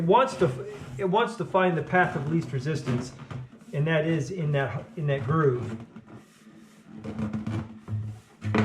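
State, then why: Seated. Someone talks while pressing the longitudinal seam of a rolled sheet-metal dryer vent duct closed along its length down to the bottom end. At 8.6 s a sharp pop is heard as the seam snaps into its locking groove and seats.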